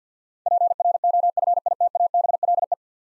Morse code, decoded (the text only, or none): PROFITABLE